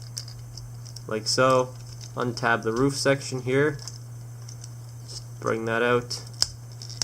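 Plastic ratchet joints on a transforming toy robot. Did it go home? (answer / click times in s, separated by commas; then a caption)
yes / 6.4 s, 7.0 s. Someone talks while pulling plastic sections of a transforming toy robot out until their plastic ratchet joints seat in the end position. Two sharp, loud clicks are heard at about 6.4 s and 7.0 s, with faint ticks earlier in the clip.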